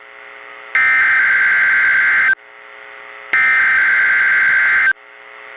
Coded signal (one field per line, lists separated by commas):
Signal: Emergency Alert System (SAME) tones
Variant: header bursts